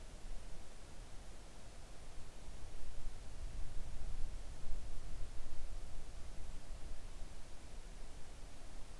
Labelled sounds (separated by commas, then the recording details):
near silence
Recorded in the Arctic National Wildlife Refuge, Alaska, on 3 August 2019 at 05:15
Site 41